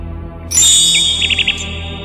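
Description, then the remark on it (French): A nightingale perched on a branch sings, a bright whistled note followed by a quick run of four rapid, high chirps over a steady low hum. “Elle s'était transformée en rossignol.”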